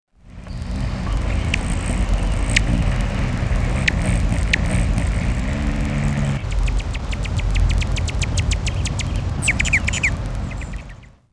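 Allen's hummingbird giving sharp, high, scattered chips, then a fast chittering run of clicks through the second half, over a steady loud low rumble.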